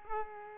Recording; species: mosquito wingbeat signal from an infrared sensor; Culex pipiens